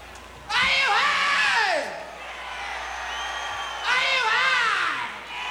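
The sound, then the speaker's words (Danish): A large crowd roars and cheers in two loud swells, with whooping voices rising and falling in pitch, and one man's voice shouting "yeah" above the din. “Kan du høre ham, der råber, yeah!”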